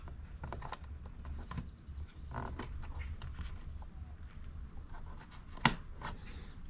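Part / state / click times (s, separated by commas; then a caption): power cable plug into soundbar power socket / seated / 5.7 s. A power cable plug is pushed back into the power socket of an LG 4.1 Channel 420W sound bar, with soft handling taps and rustles over a low hum. A sharp, loud click at 5.7 s marks the plug seating, connecting the sound bar to power.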